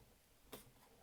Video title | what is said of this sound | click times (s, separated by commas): Wobirdy Smart Bird Feeder - Full Review! | and that locks into place. | 0.5 s